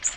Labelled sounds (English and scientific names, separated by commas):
Magnolia Warbler (Setophaga magnolia) flight call